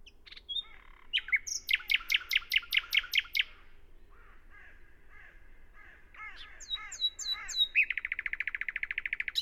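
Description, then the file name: Common nightingale song: a fast series of loud repeated notes, a quieter pause, then bubbling slurred notes and a rapid rattling trill at the end. "Luscinia megarhynchos"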